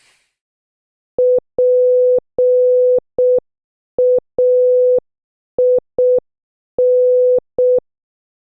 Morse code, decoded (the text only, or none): PAIN